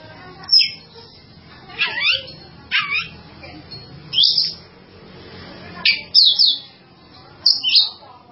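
Bird song made of sharp, high whistled notes and short slurred phrases, repeated at uneven intervals.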